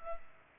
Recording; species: mosquito wingbeat signal from an infrared sensor; Culex pipiens